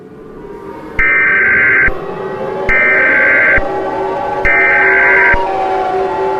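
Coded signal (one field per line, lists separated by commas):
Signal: Emergency Alert System (SAME) tones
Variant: header bursts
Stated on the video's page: Fictional EAS scenario.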